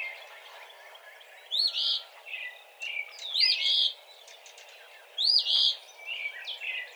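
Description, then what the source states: Eastern phoebe song: a raspy two-part fee-bee phrase, sharp and buzzy, given three times about every two seconds, with softer chattering bird notes between phrases. Recorded on 17 March 2007.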